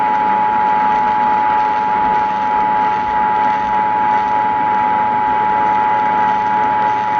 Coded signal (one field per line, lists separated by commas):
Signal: Emergency Alert System (SAME) tones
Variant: 853 and 960 Hz attention tone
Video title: Texas CAE On WBAP 820 AM (EAS #354)